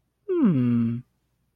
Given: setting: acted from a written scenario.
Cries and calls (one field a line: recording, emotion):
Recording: vocal sound without words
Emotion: interest